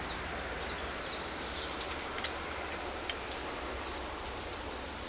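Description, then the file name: Eurasian wren giving very high, rapid twittering and trilled notes in quick bursts, fading after a few seconds, over a steady background hiss. "Troglodytes troglodytes"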